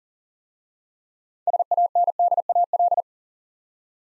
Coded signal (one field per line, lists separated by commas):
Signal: Morse code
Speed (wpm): 40 wpm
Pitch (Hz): 700 Hz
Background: none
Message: SANDAL